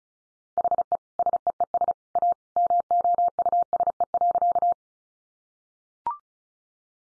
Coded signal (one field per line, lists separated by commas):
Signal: Morse code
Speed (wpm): 34 wpm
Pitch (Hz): 700 Hz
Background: none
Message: HE SEES A MOUSE.